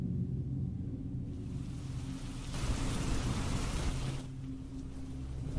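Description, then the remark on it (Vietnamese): Heavy rain pours down outside at midnight in a dense, steady hiss over a low rumble, building in intensity and surging strongest midway before easing back slightly toward the end, with no voices. “Chị dụi dụi mắt cho tỉnh táo, mở cửa buồng, thấy ở bên ngoài trời mưa. Mưa cứ to dần to dần, cánh cửa sổ bật ra tự bao giờ.”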